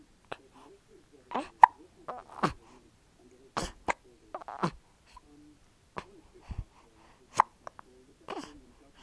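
An adult has another bout of hiccups: sharp, abrupt gulping sounds recur about a dozen times in nine seconds, some in quick pairs, with soft voiced breathing between them. Each is a sudden involuntary catch of breath ending in a clicking closure of the throat.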